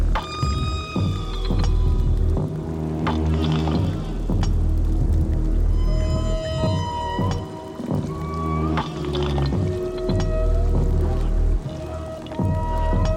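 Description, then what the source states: Whale singing a sequence of tonal moans, some gliding upward, interspersed with low pulsing groans over a constant deep hum. Whales in New Zealand, revered by the Maori as supernatural beings whose size and song still enchant.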